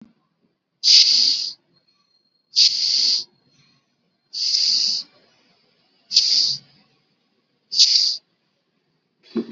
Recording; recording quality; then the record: deep breathing; excellent, no background noise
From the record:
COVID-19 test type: RT-PCR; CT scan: not taken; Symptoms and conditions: none ticked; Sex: female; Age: 21 years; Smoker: no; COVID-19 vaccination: both doses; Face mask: worn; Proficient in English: yes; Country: India